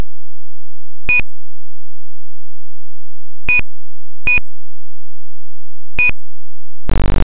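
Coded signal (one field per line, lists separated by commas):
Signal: none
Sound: a computer game's beeps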